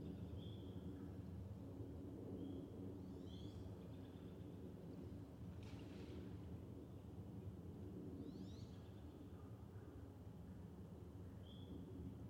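Outdoors on Liberty Road near the Great Swamp, a steady low rumble persists while short high bird chirps and whistles appear every few seconds.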